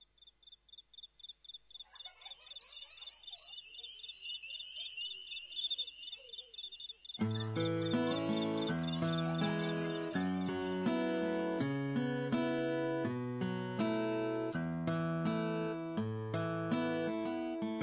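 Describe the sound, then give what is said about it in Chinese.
Crickets chirp in steady, high-pitched pulsing trills for about seven seconds, with faint bird-like calls mixed in, added to the intro of a song mixing hip-hop and folk styles. Then a bright band with plucked strings bursts in and carries the rhythm. “而且在歌曲当中呢，他还将嘻哈与民谣两种音乐的风格呢相混合，甚至在前奏当中加入了非常清新的让我们有一些夏日感觉的蟋蟀的声音，给人感觉非常特别。”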